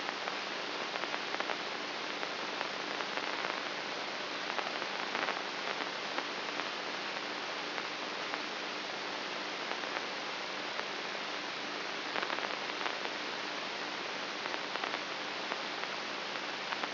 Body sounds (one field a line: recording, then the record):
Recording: brain microelectrode recording played as sound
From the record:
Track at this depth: inside the subthalamic nucleus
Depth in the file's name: 5.84 mm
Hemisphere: right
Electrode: 3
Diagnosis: Parkinson's disease